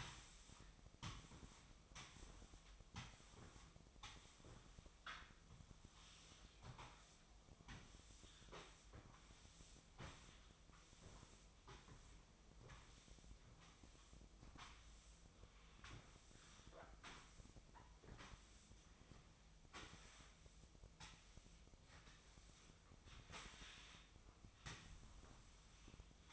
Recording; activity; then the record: daily activity, microphone in the room; sweep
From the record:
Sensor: 1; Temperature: 24.0 degrees Celsius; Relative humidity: 35.2%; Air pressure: 1004.7 hPa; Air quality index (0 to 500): 97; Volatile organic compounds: 3 ppm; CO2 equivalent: 1324 ppm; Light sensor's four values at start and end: 9/22/8/9 and 9/22/8/9